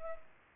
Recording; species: mosquito wingbeat signal from an infrared sensor; Culex pipiens